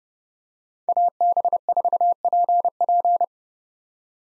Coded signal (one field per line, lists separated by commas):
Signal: Morse code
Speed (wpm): 29 wpm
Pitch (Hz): 700 Hz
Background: none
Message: AB4PP